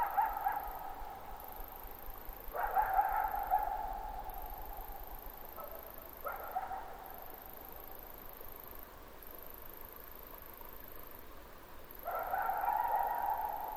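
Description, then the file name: Coyote howls: several sustained mid-pitched tones with abrupt onsets against steady background hiss. At night; possibly 22 July 2005. "jh-050722-nightcoyote"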